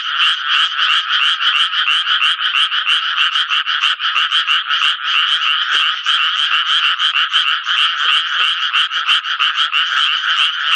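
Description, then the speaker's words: Japanese tree frog calls, harsh quacking croaks in a fast steady rhythm of roughly three per second, with no other sounds. Frogs begin calling when rain seems about to fall or when it turns cool in the evening; heard from June onward. "雨が降り出しそうなときや夕方になって涼しくなりますと、カエルは鳴き始めるわけですね。"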